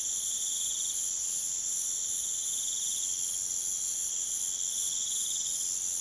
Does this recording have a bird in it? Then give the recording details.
no. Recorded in pastures near Puerto Asís, Putumayo, Colombia, on 27 June 2025 at 04:30. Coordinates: 0.486, -76.323. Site H29